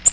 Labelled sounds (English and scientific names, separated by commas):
Nashville Warbler (Leiothlypis ruficapilla) flight call